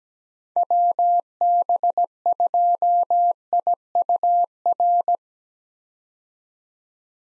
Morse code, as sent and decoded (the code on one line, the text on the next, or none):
.-- -... ..--- .. ..- .-.
WB2IUR